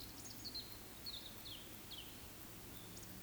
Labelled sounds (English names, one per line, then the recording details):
Eurasian Woodcock whistle
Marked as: whistle, whistle
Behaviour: display flight
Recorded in Baden-Württemberg, Germany, on 13 June 2021 at 19:54 UTC
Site 23718, 552 m above sea level